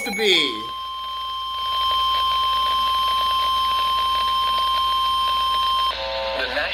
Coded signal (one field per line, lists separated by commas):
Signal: Emergency Alert System (SAME) tones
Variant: 1050 Hz attention tone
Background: speech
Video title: WE'RE GONNA PLAY THIS GAME!?!?!!?!?? - EAS Alerts from 09/20/2022 (EAS #730-741)